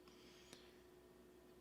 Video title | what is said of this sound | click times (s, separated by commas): UV 5R Mini Review and Programming & It's Legal! | This area is for your belt clip, just slides in and locks into place. | 0.5 s